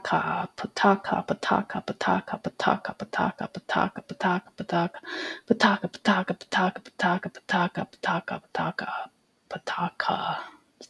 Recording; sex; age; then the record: repeated syllables /pa ta ka/; female; 40 to 49 years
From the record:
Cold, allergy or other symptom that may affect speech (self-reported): no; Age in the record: 40 years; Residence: California, United States